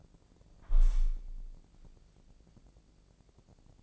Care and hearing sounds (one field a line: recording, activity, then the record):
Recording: daily activity, microphone in the room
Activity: close window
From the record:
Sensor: 5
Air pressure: 1012.4 hPa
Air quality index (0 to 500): 163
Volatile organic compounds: 2 ppm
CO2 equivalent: 1104 ppm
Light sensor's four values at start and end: 69/166/68/72 and 69/166/68/72